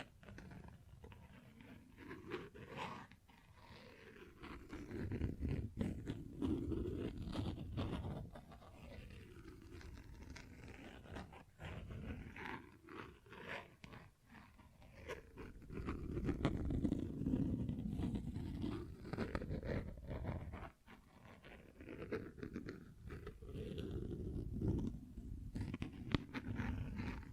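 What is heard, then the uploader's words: Dense tapping and scratching on textured surfaces, with quick sharp taps scattered throughout over a heavy, rough rubbing sound low in pitch. The scratching swells in longer bursts around five to eight seconds and again from about fifteen seconds, with brief pauses between. ASMR Tingly Textures Tapping and Scratching No Talking.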